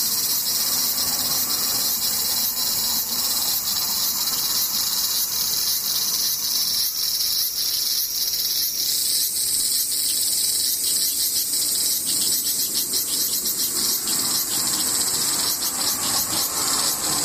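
Cicadas drone without pause, a dense, high, buzzing shrill that fills the whole clip at an even loudness. Around nine seconds the upper edge of the chorus shifts slightly, and fine pulsing textures run through the buzz, with little else beneath it.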